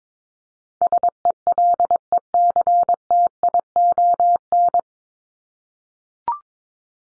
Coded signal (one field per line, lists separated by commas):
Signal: Morse code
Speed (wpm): 22 wpm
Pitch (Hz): 700 Hz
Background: none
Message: SELECTION